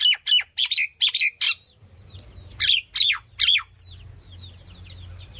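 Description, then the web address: Myna calls: several harsh, chirping squawks in quick succession, then fainter chatter over a low humming background. "animal-sound myna-sound"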